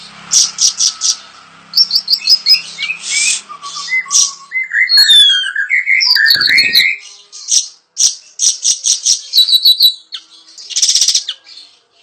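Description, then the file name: Bayeman singing a varied, fast medley of sharp high chips, slurred whistles that rise and fall, scratchy rattles and dense buzzy bursts, delivered in quick, restless phrases. "suara burung bayeman"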